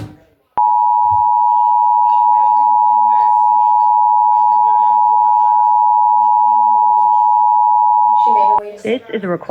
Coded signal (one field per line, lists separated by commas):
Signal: Emergency Alert System (SAME) tones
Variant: 853 and 960 Hz attention tone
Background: speech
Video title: EAS Comparation: OTA vs Comcast